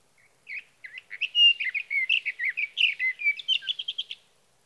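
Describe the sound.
Sage thrasher song: a long, rapid run of warbled, slurred notes, mostly high-pitched, tumbling on almost without pause.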